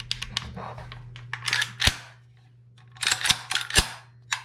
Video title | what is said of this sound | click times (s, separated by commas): The Daewoo DR200 | And I can rotate that forward. And you hear it click back. Right? Means that this is locked in. See? | 0.1 s